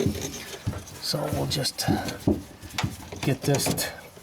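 A wiring harness plug is handled near the rear window regulator motor of a 2009 Honda Civic while someone talks, with a few light plastic taps and rustles under the speech. Nothing has seated or clicked yet; the clip ends just before the connector goes home.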